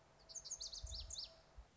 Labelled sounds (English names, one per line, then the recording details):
Lazuli Bunting
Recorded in Sonoma County, California